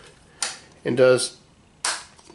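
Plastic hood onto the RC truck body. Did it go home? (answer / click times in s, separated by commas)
yes / 1.9 s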